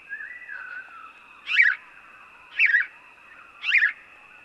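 House sparrow: a soft sliding note, then three loud rasping chirps evenly spaced about a second apart, a faint steady tone throughout.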